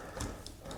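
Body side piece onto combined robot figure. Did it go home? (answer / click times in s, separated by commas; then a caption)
no / none. A plastic body side piece is lined up and pressed onto a combining Sentinel Metamor-Force Super Fire Dagwon robot figure, giving soft handling taps around 0.2 s and 0.5 s over a low background hum. Nothing has seated or clicked yet.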